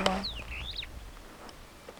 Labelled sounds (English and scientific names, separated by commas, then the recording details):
Superb Starling (Lamprotornis superbus) flight call
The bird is a female
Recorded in Kenya on 5 July 2010
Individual 91, of group SRB1